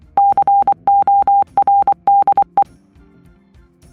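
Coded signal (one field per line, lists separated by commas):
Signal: Morse code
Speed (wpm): 24 wpm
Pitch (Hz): 800 Hz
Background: music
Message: CORDE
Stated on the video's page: Morse generated by a Python Morse GUI tool (library) under test.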